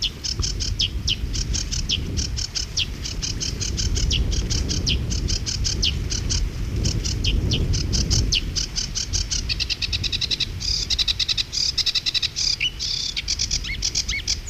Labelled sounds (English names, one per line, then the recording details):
Sedge Warbler song
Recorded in the wild
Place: Illmitz, AT
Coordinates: 47.7544, 16.7631
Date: 1964-05-19
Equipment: Uher Report 4000, AKG D190
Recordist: Krey, Winfried